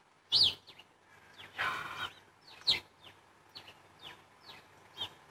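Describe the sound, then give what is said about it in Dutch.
House sparrows chirping in short, bright bursts, several sharp high notes scattered irregularly across a few seconds, with a louder noisy flurry in between; no one speaks. “En misschien kunnen we het gesprek beëindigen door nog even de huismus te laten horen.”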